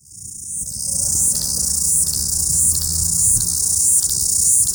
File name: Chorus Cicada singing